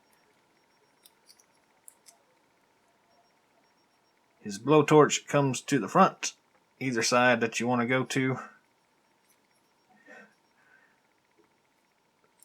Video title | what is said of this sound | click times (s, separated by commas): GI Joe Rise of Cobra Charbroil Unboxing and Review | locks in place | 12.4 s